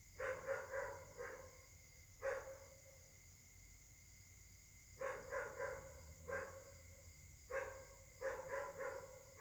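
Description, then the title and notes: Dogs barking in volleys of several quick barks and some single barks, separated by pauses, over a steady high hum. Many dogs barking at night, described as a dog concert troubling residents, Caltex, 3 Mares, Réunion; recorded on a Samsung Galaxy S8 smartphone with a partly clogged left microphone. "Caltex, 3 mares, Réunion. La nuit s'annonce difficile pour les habitants: concert de chiens"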